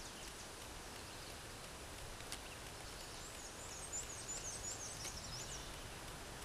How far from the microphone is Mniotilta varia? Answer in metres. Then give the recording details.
about 60 m. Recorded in a Pennsylvania forest on 17 May 2023 at 13:08. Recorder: AudioMoth, point grid1_14_low. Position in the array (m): 86 m, 94 m